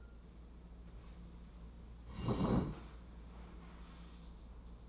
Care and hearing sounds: daily activity, microphone in the room; sit down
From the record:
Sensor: 1

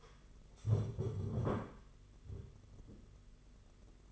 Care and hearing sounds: daily activity, microphone in the room; stand up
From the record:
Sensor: 4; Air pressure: 992.5 hPa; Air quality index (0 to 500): 119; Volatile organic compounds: 29 ppm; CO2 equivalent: 2930 ppm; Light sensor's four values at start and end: 20/72/26/28 and 20/72/26/28

